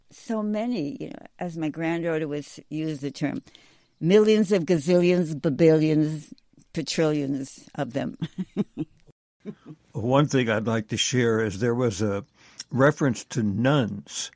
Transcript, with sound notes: So many, you know, as my granddaughter would s- use the term, millions of gazillions, ba-billions, ba-trillions of them.
(laughs)
One thing I'd like to share is there was a reference to nuns.